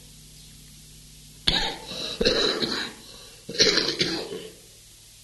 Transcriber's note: coughing